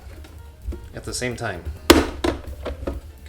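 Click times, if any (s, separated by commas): 1.9 s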